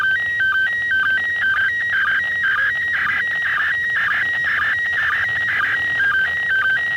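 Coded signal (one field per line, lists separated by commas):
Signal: SSTV (slow-scan television)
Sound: warbling tone hopping between two pitches with brief lower dips, over hiss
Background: radio static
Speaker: signal here for another 30 seconds. All right, there it is.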